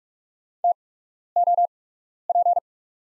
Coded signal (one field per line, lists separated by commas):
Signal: Morse code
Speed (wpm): 44 wpm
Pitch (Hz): 700 Hz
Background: none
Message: TOP